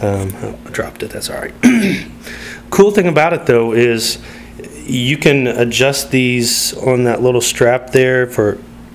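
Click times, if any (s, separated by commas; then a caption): none. Someone talks while handling the small plastic strap on a miniature fingerboard snowboard binding, which can be adjusted tighter or looser by ratcheting it a notch at a time. The strap has not clicked or seated yet by the end of the clip.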